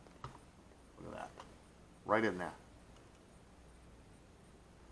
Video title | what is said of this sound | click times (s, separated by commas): New LIPO! 3S 8000mah 100C! BONUS -- Soldering an XT90 Tips and Tricks! | I'm gonna show you an outtake this push it up this should snap right in here right | 0.2 s